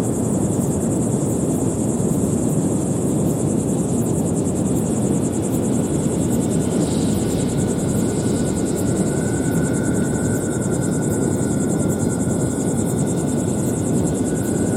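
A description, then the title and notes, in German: A recording from the Atlas Mountains at the edge of the Western Sahara: a dense, steady low roar, like wind or a far engine, runs throughout. High above it, insects chirp in a fast, regular pulse, and a faint whistling tone rises briefly around ten seconds. Aufnahme vom Atlasgebirge am Rande der Westsahara.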